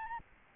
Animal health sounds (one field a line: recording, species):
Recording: mosquito wingbeat signal from an infrared sensor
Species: Aedes albopictus